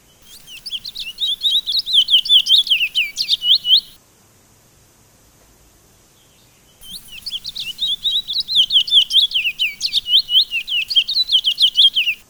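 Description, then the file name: Sunda laughingthrush song: a four-second burst of rapid, high, downslurred chirping notes, a three-second silence, then another long burst of quick repeated notes. "suara burung towa towa. omkicau"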